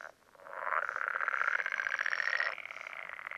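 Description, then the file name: Pool frog giving a fast-pulsed buzzy trill that swells in over half a second, holds steady for about two seconds, then drops into quieter calling. "life dviete. pelophylax lessonae"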